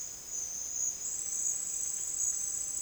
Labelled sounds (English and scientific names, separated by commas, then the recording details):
none
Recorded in secondary vegetation near Puerto Asís, Putumayo, Colombia, on 30 June 2025 at 12:00
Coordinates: 0.485, -76.322
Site GP06